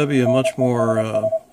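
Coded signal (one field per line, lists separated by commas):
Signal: Morse code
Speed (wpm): 27 wpm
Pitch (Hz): 650 Hz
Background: speech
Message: NESS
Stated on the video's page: CW from an IC-7300 played through a PVC elbow sound tube, whose inserted pipe sets the resonant frequency.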